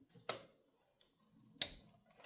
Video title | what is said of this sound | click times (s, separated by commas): Building My DREAM Gaming PC for the FIRST TIME (Beginner Guide) 4K | There we go. I heard the click and I can tell it is fully attached. | 0.3 s, 1.6 s